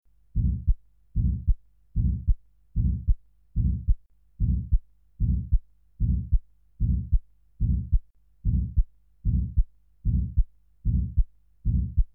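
Heart heard through a stethoscope: a regular rhythm at about 75 beats per minute, with a low-pitched murmur filling each beat, from valvular pulmonary stenosis.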